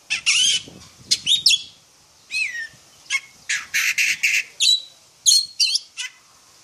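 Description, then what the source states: Oriental magpie-robin song in short, separated bursts of harsh, scratchy notes and sweeping whistles, with brief pauses between phrases. Black form of the magpie-robin.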